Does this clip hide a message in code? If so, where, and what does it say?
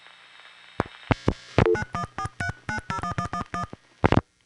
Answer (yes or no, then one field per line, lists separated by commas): yes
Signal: DTMF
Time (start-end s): 1.7-3.6 s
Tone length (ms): 80 ms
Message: 9143901111